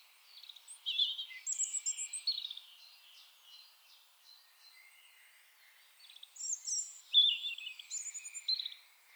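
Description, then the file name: European robin singing two distinct phrases of jumbled high whistles and trills, with a quiet gap between. "Erithacus rubecula"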